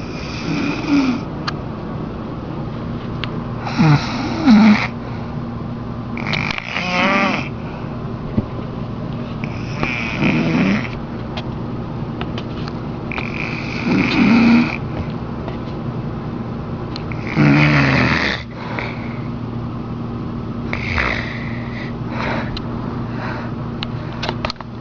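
An adult snoring in sleep, with a rasping snore roughly every three to four seconds over a steady low background hum.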